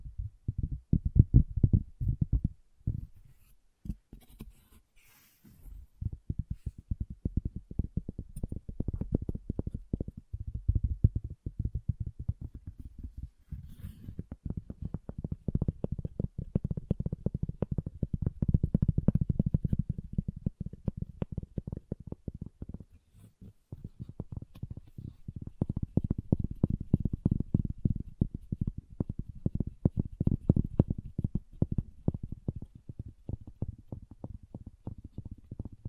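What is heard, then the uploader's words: Dense, rapid wooden tapping and knocking runs almost continuously, with a few short pauses around 4–5 and 23–24 seconds. The hits are dull and low, with little brightness, and they form fast flurries that rise and fall in loudness. ASMR Calming Wood Triggers for Sleep (No Talking).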